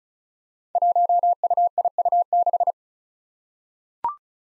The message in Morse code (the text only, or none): 1UIU6